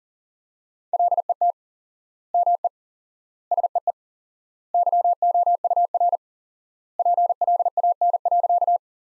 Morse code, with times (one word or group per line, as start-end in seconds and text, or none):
0.9-1.5 LET
2.3-2.7 ME
3.5-3.9 SEE
4.7-6.2 YOUR
7.0-8.8 PLAN.